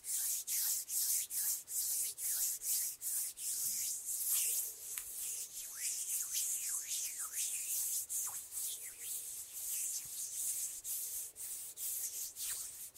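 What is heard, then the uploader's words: Hands rub and flutter in quick repeated strokes, each a bright, hissing swish, about two or three per second with short gaps between. The strokes run steadily for the whole clip, and through the middle some carry a faint sliding whistle that rises and falls. ASMR Super Relaxing Hand Sounds With Finger Fluttering（No Talking）.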